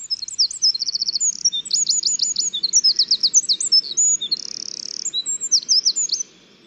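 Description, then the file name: Eurasian wren delivering a long, explosive song of piercing high notes, fast rattles and a buzzy trill, over a faint low background hum. "Troglodytes troglodytes"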